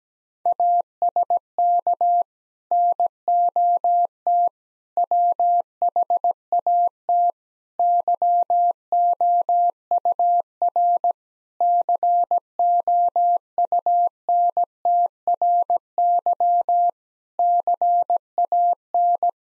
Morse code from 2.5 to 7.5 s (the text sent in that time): NOT WHAT